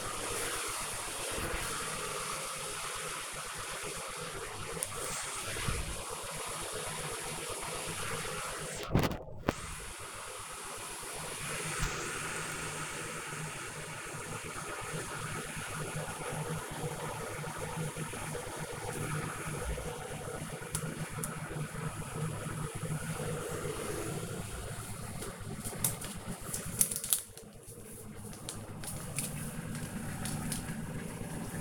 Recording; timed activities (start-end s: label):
household activities, microphone on the right wrist
0.00-31.61 s: making tea